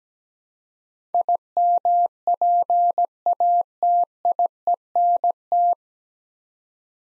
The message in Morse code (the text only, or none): IMPATIENT